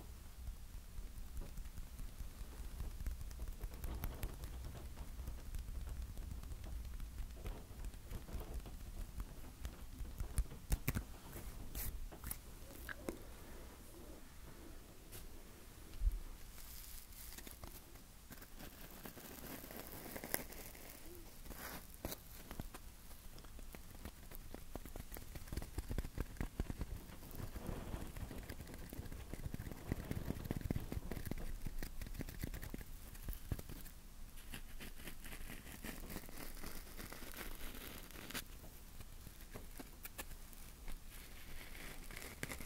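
Tapping and scratching go on throughout, a dense patter of small clicks and raspy scrapes that sounds much like rain on a surface. Sharper taps stand out around 11, 16, 20 and 30 seconds. A low rumble sits underneath the whole time.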